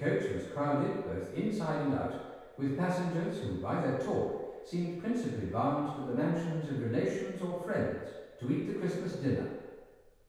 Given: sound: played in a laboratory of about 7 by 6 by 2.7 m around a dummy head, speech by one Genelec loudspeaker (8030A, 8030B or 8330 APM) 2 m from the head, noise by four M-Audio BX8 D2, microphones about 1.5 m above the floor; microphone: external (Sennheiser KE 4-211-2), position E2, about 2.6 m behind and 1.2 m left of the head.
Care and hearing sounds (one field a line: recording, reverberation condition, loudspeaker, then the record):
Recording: male speech in English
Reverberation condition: high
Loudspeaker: 120 degrees to the right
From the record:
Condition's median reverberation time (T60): about 1300 ms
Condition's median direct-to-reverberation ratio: about -4.0 dB